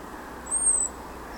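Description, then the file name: European robin giving one thin, high, sustained whistle that eases slightly downward, heard over a quiet steady hiss. "Erithacus rubecula"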